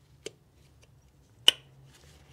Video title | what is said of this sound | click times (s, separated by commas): TIGUAN/GTI/JETTA 2.0 TSI SPARK PLUG REPLACEMENT -EASY GUIDE | you hear that click we're good to go now for the first one | 1.5 s